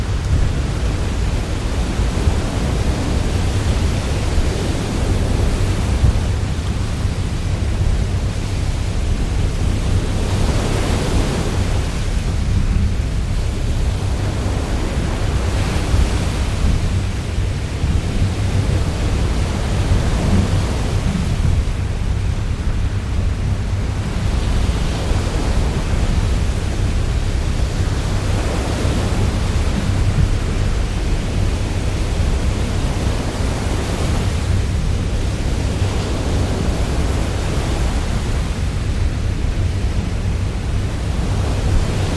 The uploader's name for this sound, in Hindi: तूफ़ानी समुंदर